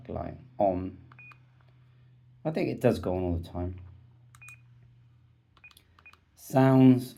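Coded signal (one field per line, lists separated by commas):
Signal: none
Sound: a radio's button beeps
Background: speech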